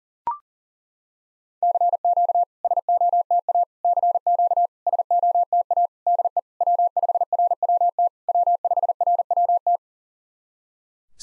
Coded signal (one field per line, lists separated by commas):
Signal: Morse code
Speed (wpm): 37 wpm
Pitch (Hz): 700 Hz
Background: none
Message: CQ SOTA CQ SOTA DE W5RWT W5RWT